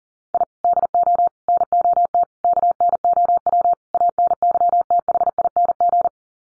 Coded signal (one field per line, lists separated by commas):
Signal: Morse code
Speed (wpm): 40 wpm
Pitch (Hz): 700 Hz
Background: none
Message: I DO NOT KNOW ANYTHING